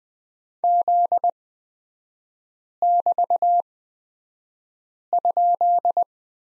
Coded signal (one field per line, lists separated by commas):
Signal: Morse code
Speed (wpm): 20 wpm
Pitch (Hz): 700 Hz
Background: none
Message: Z<BT>?